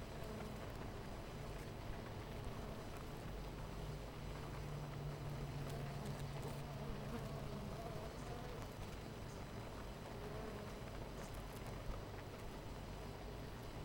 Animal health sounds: honeybee colony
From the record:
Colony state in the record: missing queen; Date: 14 July 2017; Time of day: 9:51

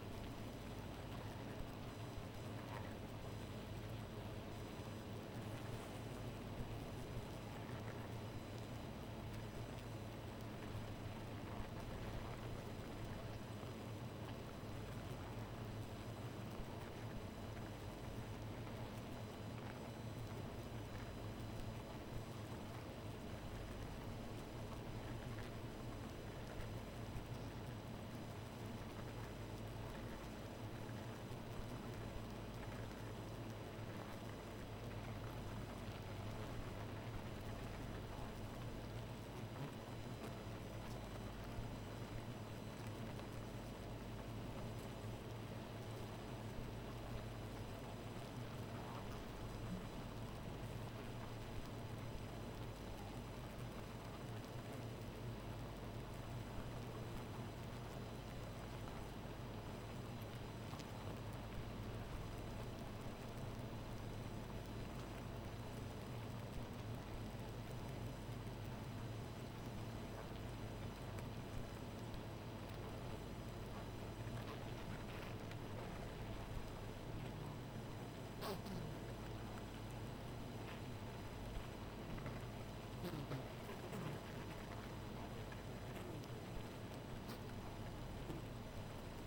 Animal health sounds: honeybee colony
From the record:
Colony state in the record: missing queen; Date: 14 July 2017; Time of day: 2:56

